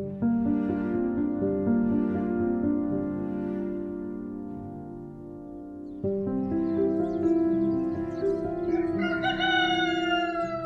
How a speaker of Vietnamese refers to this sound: Có tiếng gà gáy vang lên giữa khung cảnh tờ mờ sáng.